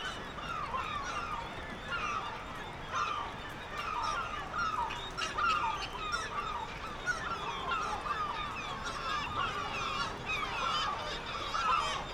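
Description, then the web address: Black-legged kittiwakes in a colony, a continuous mass of overlapping nasal calls with occasional clicks. "sound Black-legged-kittiwake. صدای-پرنده-کاکایی-پاسیاه"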